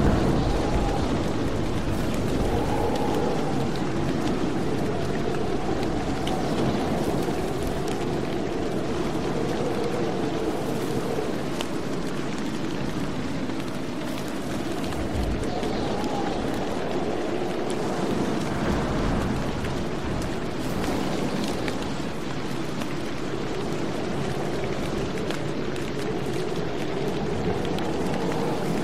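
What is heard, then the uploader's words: Steady, dense rain with a deep low rumble throughout, holding an even level for the whole stretch, with faint brighter patters above. Thunder, Wind, and Rain. Tranquil soundscape with thunder and rain. Serene thunderstorm ambiance.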